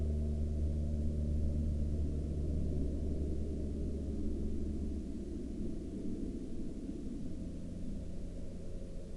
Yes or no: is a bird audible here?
no